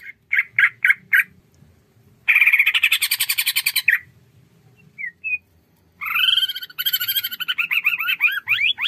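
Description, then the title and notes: Leafbird song: four short clipped notes, then a dense buzzy rattle, two faint chips, and finally varied whistled warbling phrases rising and falling quickly. Cage-bird training song (masteran) and lure song (pancingan) of a constantly singing bird. "Masteran & Pancingan Cucak Ijo Gacor. Burung Cucak Ijo"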